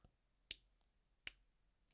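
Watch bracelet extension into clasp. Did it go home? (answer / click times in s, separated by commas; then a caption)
yes / 0.5 s, 1.3 s. A Traska Venturer GMT watch's steel bracelet clasp extension is pushed further into the clasp and clicks through its micro-adjust detent positions. Two sharp, loud clicks are heard at 0.5 s and 1.3 s. The extension seats solidly in the clasp.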